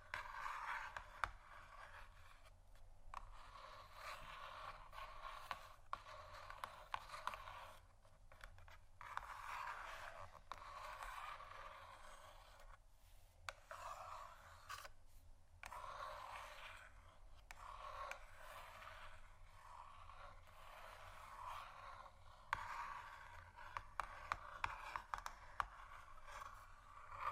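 Cardboard boxes are scratched in busy, uneven bursts of dry scraping with brief pauses, over a steady low hum throughout.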